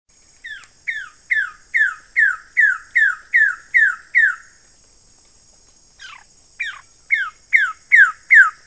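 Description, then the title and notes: Bird song of sharp downslurred notes in a rapid, even series, a brief pause, then the same series resumes, over a steady high-pitched whine. "Kicau Burung Lengkap"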